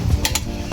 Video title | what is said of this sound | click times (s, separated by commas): Dr. Micrometer Power Torque Wrench | Naririnig niyo 'yung lagutok. | 0.2 s, 0.3 s